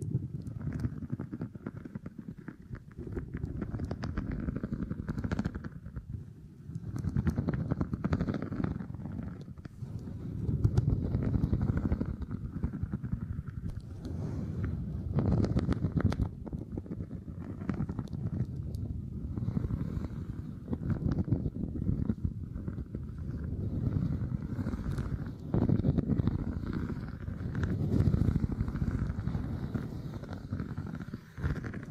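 Beeswax is worked and pressed for tingly sounds, giving a dense, low, muffled rumbling and squishing that runs throughout. The loudness swells and dips every few seconds, with quick faint crackles and taps scattered on top.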